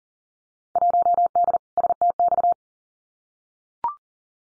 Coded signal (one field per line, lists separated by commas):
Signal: Morse code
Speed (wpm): 39 wpm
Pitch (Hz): 700 Hz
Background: none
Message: 1D STX